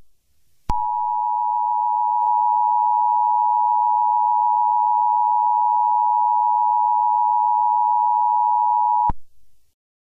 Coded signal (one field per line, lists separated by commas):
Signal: Emergency Alert System (SAME) tones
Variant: 853 and 960 Hz attention tone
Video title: EAS Mock 9/11 Tribute (old version)